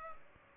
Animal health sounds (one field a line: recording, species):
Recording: mosquito wingbeat signal from an infrared sensor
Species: Aedes albopictus